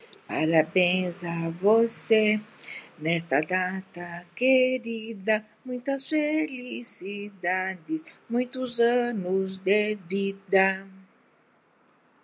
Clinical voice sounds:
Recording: short text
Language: Brazilian Portuguese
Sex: female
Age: 70 to 79 years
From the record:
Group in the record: control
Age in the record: 73 years

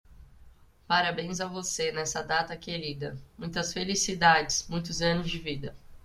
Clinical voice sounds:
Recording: short text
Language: Brazilian Portuguese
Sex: female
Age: 30 to 39 years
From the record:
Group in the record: control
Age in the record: 32 years

